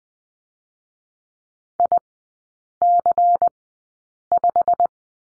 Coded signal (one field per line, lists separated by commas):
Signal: Morse code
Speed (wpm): 20 wpm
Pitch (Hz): 700 Hz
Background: none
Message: IC5